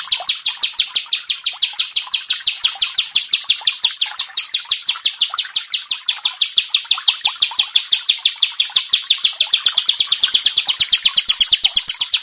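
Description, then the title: Prinia singing a long run of bright, high chip notes, kept up without a break. "Ciblek Sawah"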